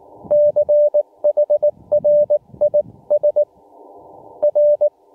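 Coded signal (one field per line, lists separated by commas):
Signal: Morse code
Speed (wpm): 21 wpm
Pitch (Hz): 590 Hz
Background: none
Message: CHRIS R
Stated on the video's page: Morse heard during a Summits On The Air activation on Combs Peak.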